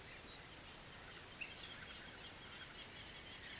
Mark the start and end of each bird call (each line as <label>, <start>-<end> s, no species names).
bird call, 1.21-3.59 s